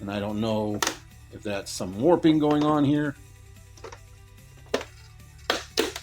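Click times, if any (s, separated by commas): 5.5 s, 5.8 s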